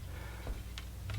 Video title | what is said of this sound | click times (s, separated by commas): Best Cordless Circular Saw! RIDGID Octane Brushless 18V Circular Saw Unboxing And Overview! | and lock it into place and it's not going anywhere | 0.8 s, 1.1 s